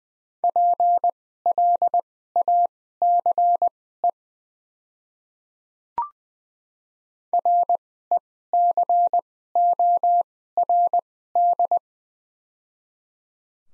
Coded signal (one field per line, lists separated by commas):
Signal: Morse code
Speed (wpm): 20 wpm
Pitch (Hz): 700 Hz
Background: none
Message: PLACE RECORD